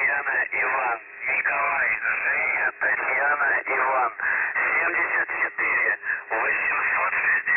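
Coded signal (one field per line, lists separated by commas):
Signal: numbers station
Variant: UVB-76, Russian voice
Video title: The Buzzer/ UVB-76 Voice Message (January 20, 2021, 12:04 UTC)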